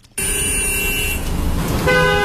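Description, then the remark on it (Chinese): Sustained car horns blare over a dense rumble of morning rush-hour traffic at the intersection of Xidawang Road and Jianguo Road, Chaoyang District, Beijing, where buses, cars, bicycles and pedestrians fill the lanes; one long steady honk gives way to another higher-pitched horn near the end, loud and continuous without any talking. “早上8点左右，记者来到朝阳区西大望路与建国路的交叉路口，正是早高峰时段，公交车、小客车、自行车和行人挤满了各个车道，都在缓慢通行，汽车鸣笛声不断。”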